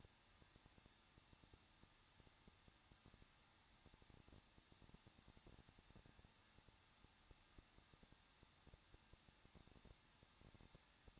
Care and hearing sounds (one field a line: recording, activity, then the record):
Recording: daily activity, microphone in the room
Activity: no activity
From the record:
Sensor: 3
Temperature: 21.2 degrees Celsius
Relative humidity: 36.3%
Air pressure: 1006.3 hPa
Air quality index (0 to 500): 221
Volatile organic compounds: 40 ppm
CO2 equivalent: 3150 ppm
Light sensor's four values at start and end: 2/3/2/2 and 2/3/2/2